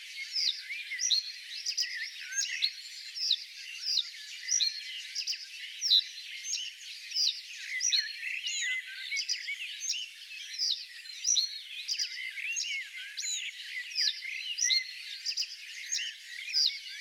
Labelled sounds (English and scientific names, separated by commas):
Reed Bunting (Emberiza schoeniclus) song